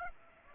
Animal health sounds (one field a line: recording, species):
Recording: mosquito wingbeat signal from an infrared sensor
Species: Aedes aegypti